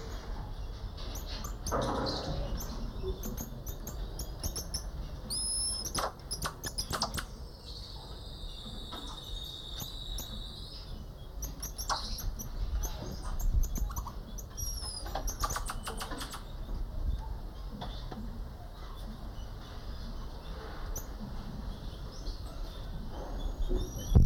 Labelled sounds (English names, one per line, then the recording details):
Goeldi's Marmoset call
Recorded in captivity
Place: Primatenstation Kassel, Hessen, DE
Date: 1995-09-24 13:55
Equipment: Sony WM-D6C, Sennheiser ME 80, Kopie Uher 4000 Report Monitor
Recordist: Tembrock, Günter
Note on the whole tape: Diverse Laute am Gitter